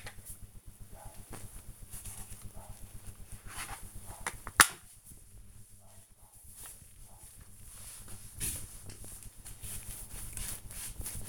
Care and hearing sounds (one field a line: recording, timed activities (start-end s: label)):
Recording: household activities, microphone on the right wrist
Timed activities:
0.00-11.29 s: floor cleaning